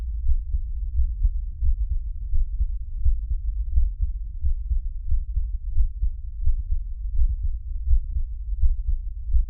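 Steady low muffled thumps at about 86 per minute, a heartbeat, picked up with an SM57 microphone.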